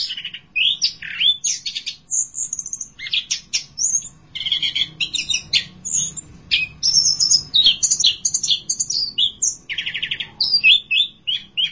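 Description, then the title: Thrush song, busy varied phrases of whistles, rapid trills and sharp chips, with only short breaks. "burung anis x"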